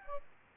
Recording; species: mosquito wingbeat signal from an infrared sensor; Aedes albopictus